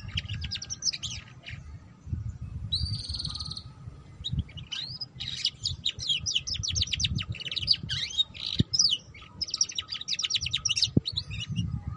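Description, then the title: Canary song, bursts of high twittering with rapid rolling trills and a brief buzzy phrase, backed by low noise and a faint hum. Belgian canary; song used to warm up and stimulate canaries to sing, to help them learn the ngeriwik sound, and as a lure for ngeriwik canaries. "Canto Para Esquentar Canário Belga. Suara Kenari Belajar Bunyi Ngeriwik || Cocok Untuk Pancingan Kenari Ngeriwik"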